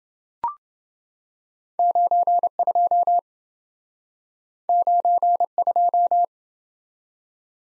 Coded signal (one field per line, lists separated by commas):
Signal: Morse code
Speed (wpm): 27 wpm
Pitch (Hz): 700 Hz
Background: none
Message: 92 92